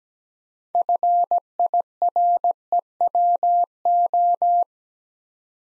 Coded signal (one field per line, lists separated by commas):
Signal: Morse code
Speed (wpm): 17 wpm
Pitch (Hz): 700 Hz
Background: none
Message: FIREWO